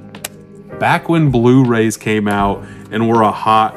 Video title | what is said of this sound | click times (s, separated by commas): I Found A Lot Of Blu Ray's That I Didn't Own With Their Slipcovers!!! - Goodwill Hunting | I love the Snapper case too listen to this ooh that just locks into place | 0.2 s